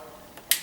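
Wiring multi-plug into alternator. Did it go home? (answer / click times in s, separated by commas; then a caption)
yes / 0.5 s. The plastic control-circuit multi-plug is pushed by hand into the alternator socket. A faint tap at 0.4 s is followed by a sharp, bright click at 0.5 s as the plug seats, confirmed secure.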